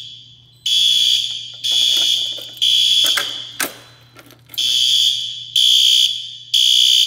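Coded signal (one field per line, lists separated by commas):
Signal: alarm pattern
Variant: horn/strobe notification appliance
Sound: harsh buzzing horn blasts, three half-second blasts, pause, three more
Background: low hum, room noise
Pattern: temporal three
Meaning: Evacuation fire alarm signal, sounded here as a test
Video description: Test of another Gamewell S3 panel with SpectrAlert Advances.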